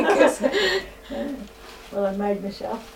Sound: laughs